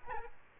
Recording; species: mosquito wingbeat signal from an infrared sensor; Aedes aegypti